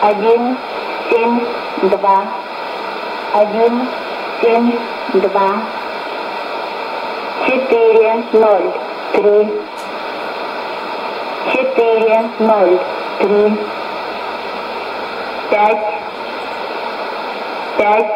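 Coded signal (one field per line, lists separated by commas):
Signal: numbers station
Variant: S06s, Russian female voice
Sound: woman's voice reading Russian digits in three-digit groups, evenly spaced, over hiss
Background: radio static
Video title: 13 11 2019 S06s Russian Lady numbers station in Russian to Eu 0844 on 11830 unknown tx site USB+AM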